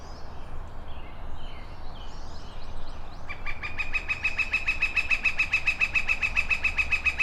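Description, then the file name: Northern flicker calling: after soft background chirps, a long, steady series of loud, sharp notes begins, repeated rapidly at an even pace, over a low rumble. "Ian Cruickshank - Bez tomshykly altynsu tukran Colaptes auratus"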